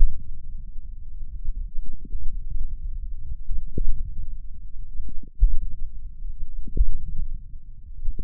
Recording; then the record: forearm muscle sounds (acoustic myography)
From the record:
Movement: hand opening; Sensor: system 1, eight BSWA MPA416 microphones around the upper forearm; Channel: 8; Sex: male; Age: 28 years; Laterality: right